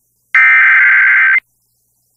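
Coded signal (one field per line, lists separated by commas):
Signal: Emergency Alert System (SAME) tones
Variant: header bursts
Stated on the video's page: SAME tones from a tornado warning heard on WTQR, recorded around 2024.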